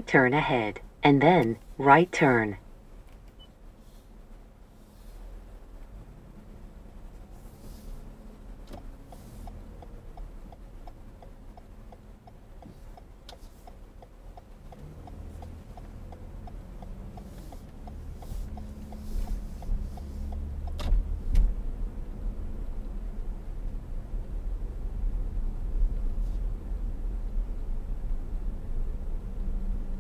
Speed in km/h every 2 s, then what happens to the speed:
0, 0, 0, 8, 10, 8, 6, 8, 13, 18, 23, 24, 26, 27, 29.
0-4 standing. 4-7 pulls away to 10. 7-13 steady at about 8. 13-30 speeds up to 29.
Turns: none.